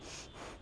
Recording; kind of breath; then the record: one breath in and out by a microphone near the nose and mouth; strong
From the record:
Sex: female